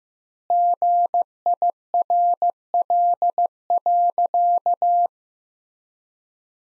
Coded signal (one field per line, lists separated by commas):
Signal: Morse code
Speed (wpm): 15 wpm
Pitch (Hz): 700 Hz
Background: none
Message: GIRL.